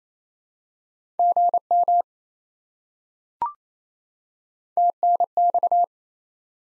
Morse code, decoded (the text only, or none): GM TNX